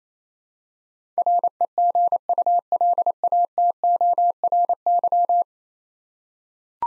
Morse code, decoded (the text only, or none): REGULATORY